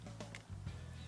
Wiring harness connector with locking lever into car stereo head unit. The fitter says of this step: So just push that in and then pull that lever down until it locks into place,